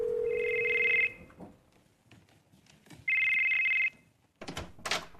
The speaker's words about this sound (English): Your phone rang. What? You missed a call.